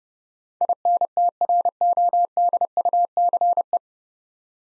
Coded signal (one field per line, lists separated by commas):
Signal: Morse code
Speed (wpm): 30 wpm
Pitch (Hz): 700 Hz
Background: none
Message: INTRODUCE